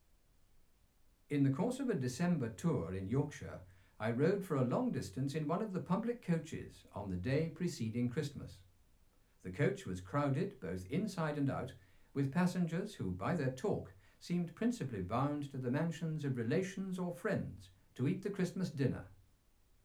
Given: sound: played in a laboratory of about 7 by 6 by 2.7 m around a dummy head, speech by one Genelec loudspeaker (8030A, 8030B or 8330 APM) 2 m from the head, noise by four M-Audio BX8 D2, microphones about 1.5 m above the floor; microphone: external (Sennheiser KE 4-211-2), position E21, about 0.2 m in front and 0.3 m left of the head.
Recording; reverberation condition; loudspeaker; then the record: male speech in English; low; behind (180 degrees)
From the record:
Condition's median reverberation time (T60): about 310 ms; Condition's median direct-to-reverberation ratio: about 3.5 dB